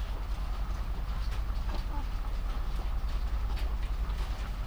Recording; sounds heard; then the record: poultry house recording; sick chickens (respiratory disease)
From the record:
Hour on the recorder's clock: 22